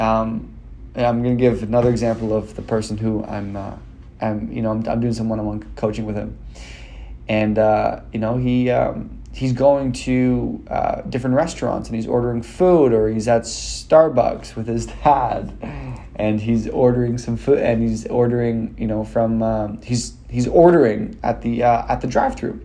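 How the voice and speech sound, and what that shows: Adult male speech with word repetitions, prolonged sounds and hesitant pauses, consistent with stuttering, in a man who stutters, including when giving interviews, podcasts and videos.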